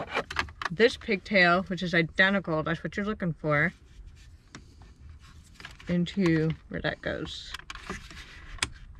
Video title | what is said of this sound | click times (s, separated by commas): 2021 BRONCO AUTOPSTOP ELIMINATOR. NOT JUST PLUG AND PLAY BUT STILL WORTH IT. | you want to push it until it clicks | 8.6 s